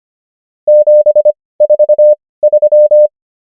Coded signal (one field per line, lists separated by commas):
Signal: Morse code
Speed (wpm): 25 wpm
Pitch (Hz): 600 Hz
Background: none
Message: 743